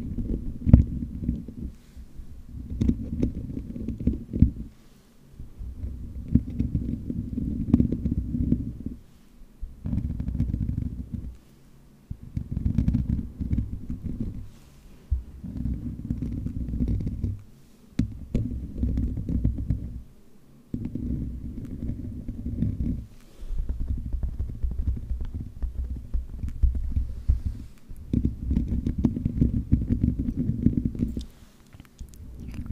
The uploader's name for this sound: Different Mic Scratching & Rasierschaum